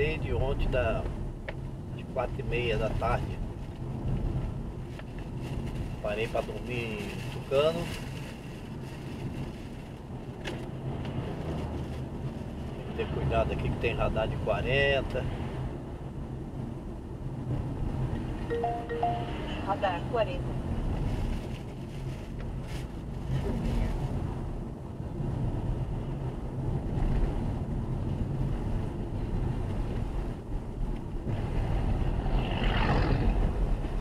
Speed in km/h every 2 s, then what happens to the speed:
33, 35, 38, 39, 38, 36, 37, 37, 36, 36, 37, 38, 38, 38, 34, 35, 37.
0-5 speeds up to 39. 5-34 steady at about 37.